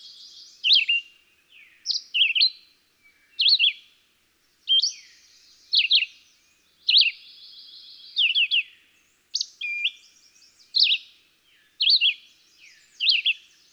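Red-eyed Vireo song, short whistled phrases repeated roughly every second, varied in shape, some rising and some dropping.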